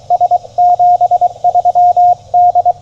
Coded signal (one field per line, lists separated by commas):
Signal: Morse code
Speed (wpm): 23 wpm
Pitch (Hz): 710 Hz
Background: radio noise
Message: S 73 D